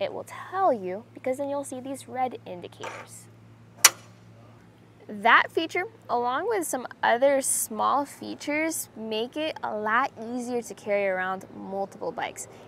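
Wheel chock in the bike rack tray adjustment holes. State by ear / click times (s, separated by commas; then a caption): seated / 3.8 s. Someone talks while the adjuster on a Kuat Piston Pro bike rack for 4 bikes is pinched and the wheel chock is slid up or down the tray; red indicators show when it isn't lined up with the holes. A single sharp snap at 3.9 s marks the wheel chock seating into the tray's adjustment holes.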